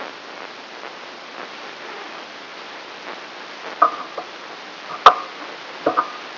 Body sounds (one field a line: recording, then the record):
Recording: brain microelectrode recording played as sound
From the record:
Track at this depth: outside the subthalamic nucleus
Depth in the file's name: 7.26 mm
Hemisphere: left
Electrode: 3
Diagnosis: Parkinson's disease